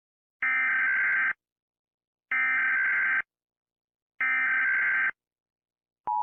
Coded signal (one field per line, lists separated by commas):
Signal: Emergency Alert System (SAME) tones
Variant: header bursts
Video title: The Destructive Asteroid - A short EAS Scenario